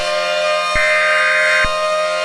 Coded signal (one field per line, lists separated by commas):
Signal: Emergency Alert System (SAME) tones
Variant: header bursts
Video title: EAS Scenario - FireBall